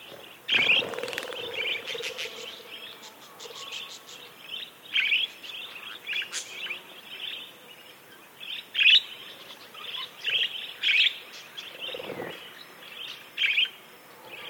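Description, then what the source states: Budgerigar chatter: repeated squeaky warbled chirps every second or two, interspersed with brief clicking runs and soft background twittering. Several budgies described as happy.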